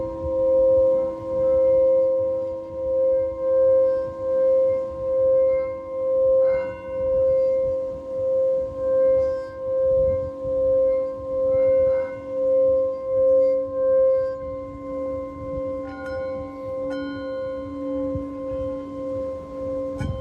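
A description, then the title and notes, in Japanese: A singing bowl hums a steady ringing tone that pulses in slow, even waves, with a few faint clinks and taps scattered through. メキシコから シンギングボウルのサウンドヒーリング。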